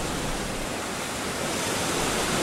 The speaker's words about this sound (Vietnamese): Ông vừa dứt lời thì một trận cuồng phong thực sự nổi lên, gió bão mịt mù, cây cối nhà cửa trong vùng đều rung chuyển dữ dội.